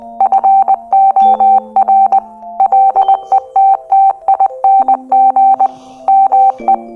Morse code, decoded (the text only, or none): FOR LETTING ME